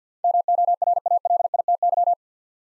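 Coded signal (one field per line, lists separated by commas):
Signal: Morse code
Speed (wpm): 52 wpm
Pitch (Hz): 700 Hz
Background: none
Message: MORALITY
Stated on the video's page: Morse word-copying practice at 50 wpm, eight-letter words, each word sent twice.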